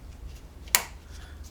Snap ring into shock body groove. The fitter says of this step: now you're going to put your snap ring in. You hear it click in there.